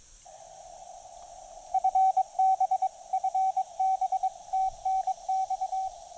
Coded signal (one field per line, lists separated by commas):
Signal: Morse code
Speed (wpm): 22 wpm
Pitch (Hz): 760 Hz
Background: radio noise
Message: FB FB TNX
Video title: POTA Field Report: QRP (and DX) fun with the Discovery TX-500 & MFJ-1984LP EFHW